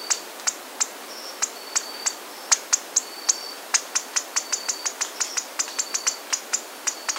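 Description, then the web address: Amazon dwarf squirrel giving sharp, high clicking chirps in an uneven series, several per second, with a thin steady whine appearing between some chirps. Amazon rainforest, South America. "Natures Songs S America Mammals of the Rainforest Amazon Dwarf Squirrel"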